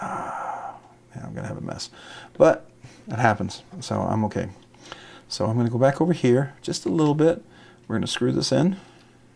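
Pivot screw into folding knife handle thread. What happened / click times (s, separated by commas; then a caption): Handled, not yet home: no seating click, only talk in a small room / none. Someone talks while handling the pivot screw of a Chavez Kickstop Redencion 229 folding knife, positioning it to be screwed into the titanium handle's thread, where it is meant to be turned backwards until the thread start drops into place with a click. Nothing has seated or clicked yet.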